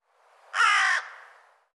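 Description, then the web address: Bird call: a single harsh, raspy caw lasting about half a second, flat in pitch, then fading away into silence. "cianscape birddata Deverinetal 2025"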